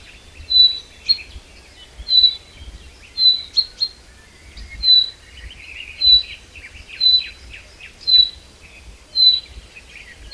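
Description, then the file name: Common chaffinch giving a short high whistled note, repeated about once a second, with softer twittering below. "Fringilla coelebs"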